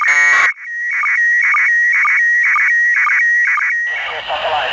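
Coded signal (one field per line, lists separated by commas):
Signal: SSTV (slow-scan television)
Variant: PD 120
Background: speech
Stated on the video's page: ISS school contact on 145.800 MHz FM over the Middle East, received with Yaesu FT-857 or Baofeng UV-5R and Diamond X-300 antenna.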